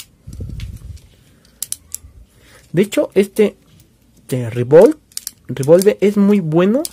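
A plastic spinning-top layer is twisted shut onto its disc and driver, and its locking teeth ratchet with sharp clicks at 1.6, 1.7 and 2.0 seconds as it seats. The clicks are not very loud, and afterward someone talks.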